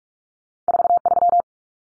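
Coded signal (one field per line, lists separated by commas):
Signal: Morse code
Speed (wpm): 44 wpm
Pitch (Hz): 700 Hz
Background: none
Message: 43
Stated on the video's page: Morse code drill of common two-digit cut numbers at 45 wpm for head-copy, cut letters T, A, N for 0, 1, 9.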